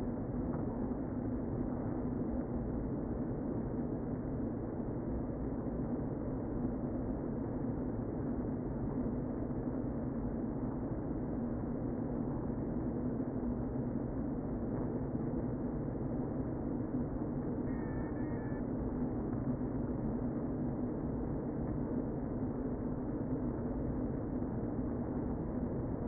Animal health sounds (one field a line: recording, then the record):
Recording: honeybee colony, microphone inside the hive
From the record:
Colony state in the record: queen present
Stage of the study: before two queens were removed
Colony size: about 60,000 bees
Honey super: yes